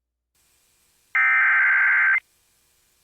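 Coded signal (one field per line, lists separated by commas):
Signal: Emergency Alert System (SAME) tones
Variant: header bursts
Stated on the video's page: Real EAS alerts received during a derecho in Siouxland.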